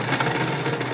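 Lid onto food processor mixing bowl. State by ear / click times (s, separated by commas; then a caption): seated / 0.2 s. After play is pressed on a Thermomix TM7 food processor, the lid on its mixing bowl locks with a single short mechanical click at 0.2 s over a steady low machine hum. The lid locking mechanism engages and is confirmed seated.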